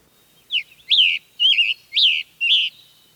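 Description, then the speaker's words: Scarlet Tanager song: five hoarse, burry phrases delivered about twice a second in a quiet setting. First to greet from a nearby pine, singing like a robin in a hurry with a cold; evening, Finger Lakes country, central New York, 1958. "The scarlet tanager is the first to greet us from a nearby pine, singing like a robin in a hurry with a cold."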